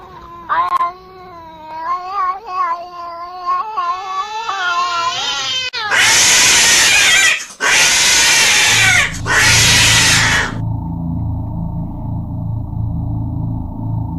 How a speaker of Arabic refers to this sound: لقيت قطة موجودة على السرير. القطة صوتها زي ما يكون صوت قطتين ثلاثة مع بعض.